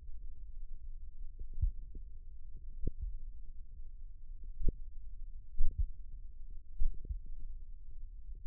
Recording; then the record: forearm muscle sounds (acoustic myography)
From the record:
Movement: finger pinch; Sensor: system 1, eight BSWA MPA416 microphones around the upper forearm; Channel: 6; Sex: male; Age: 54 years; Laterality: right